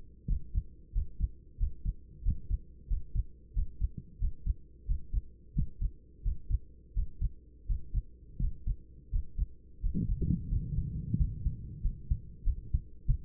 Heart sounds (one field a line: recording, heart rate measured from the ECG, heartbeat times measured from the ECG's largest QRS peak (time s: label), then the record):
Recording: heart sounds by stethoscope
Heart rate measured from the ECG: 89 bpm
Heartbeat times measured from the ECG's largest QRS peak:
0.26 s: heartbeat
0.92 s: heartbeat
1.57 s: heartbeat
2.22 s: heartbeat
2.87 s: heartbeat
3.53 s: heartbeat
4.18 s: heartbeat
4.85 s: heartbeat
5.53 s: heartbeat
6.22 s: heartbeat
6.93 s: heartbeat
7.66 s: heartbeat
8.38 s: heartbeat
9.10 s: heartbeat
9.80 s: heartbeat
10.49 s: heartbeat
11.17 s: heartbeat
11.82 s: heartbeat
12.44 s: heartbeat
13.07 s: heartbeat
From the record:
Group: healthy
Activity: Valsalva maneuver 0-12 s, rest 12-13 s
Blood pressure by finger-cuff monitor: 118/69 mmHg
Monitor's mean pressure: 82 mmHg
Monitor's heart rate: 90 bpm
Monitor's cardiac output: 8.3 L/min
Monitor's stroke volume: 93 mL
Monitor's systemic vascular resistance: 720 dyn s/cm5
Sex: male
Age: 24 years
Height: 184 cm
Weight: 89 kg